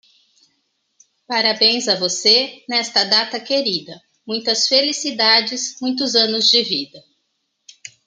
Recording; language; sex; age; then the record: short text; Brazilian Portuguese; female; 40 to 49 years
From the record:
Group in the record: control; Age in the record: 47 years